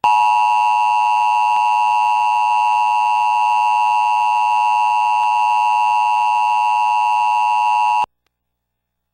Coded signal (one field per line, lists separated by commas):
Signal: Emergency Alert System (SAME) tones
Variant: 853 and 960 Hz attention tone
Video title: Local Forecast- October 26, 2010 Tornado Warning (1)